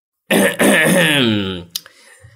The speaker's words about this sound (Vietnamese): Ông ta hắng giọng.